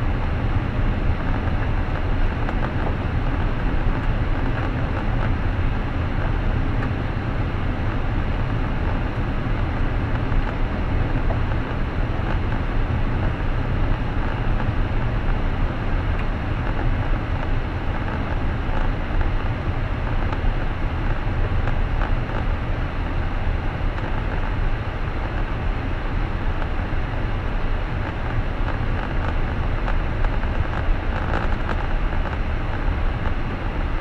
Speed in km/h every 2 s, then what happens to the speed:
53, 54, 54, 57, 57, 56, 56, 50, 46, 42, 39, 39, 37, 37, 36, 34, 31.
0-12 steady at about 56. 12-19 slows to 39. 19-27 steady at about 37. 27-34 slows to 31.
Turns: none.